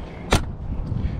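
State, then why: Seated. A slide-out storage tray is pushed back into an RV's outside storage compartment. A single sharp hit sounds at 0.3 s as it locks in place, over a low background rumble. The tray is seated.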